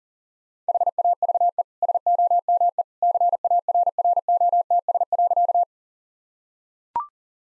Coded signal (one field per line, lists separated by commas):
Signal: Morse code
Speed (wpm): 40 wpm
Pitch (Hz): 700 Hz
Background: none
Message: HAVE SOME CARROTS.